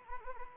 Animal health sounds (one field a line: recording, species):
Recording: mosquito wingbeat signal from an infrared sensor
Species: Anopheles arabiensis